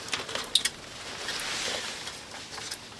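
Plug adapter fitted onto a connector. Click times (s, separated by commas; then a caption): 0.6 s. A plug adapter is pushed onto a connector and clicks into place at 0.6 s with a sharp, bright snap, the loudest hit in the clip. Softer taps and handling noises come just before and after it over a low background hiss. The adapter is seated.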